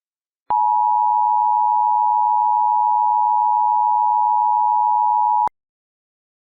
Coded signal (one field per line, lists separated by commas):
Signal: Emergency Alert System (SAME) tones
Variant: 853 and 960 Hz attention tone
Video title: EAS Scenario: Remember Me Forever - Spring Fling 2023 Entry